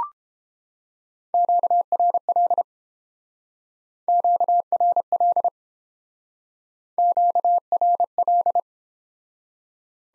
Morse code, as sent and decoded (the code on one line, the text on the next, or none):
--.- .-. .-.. / --.- .-. .-.. / --.- .-. .-..
QRL QRL QRL